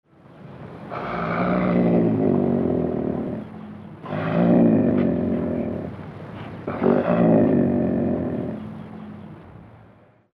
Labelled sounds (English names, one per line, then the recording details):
Snow Leopard
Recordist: Tembrock, Günter
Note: Knurren eines Katers